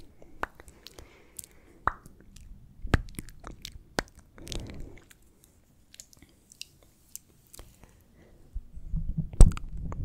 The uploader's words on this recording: ASMR Kisses on the Mic to Help You Sleep. Blue Yeti. Goodnight Kisses.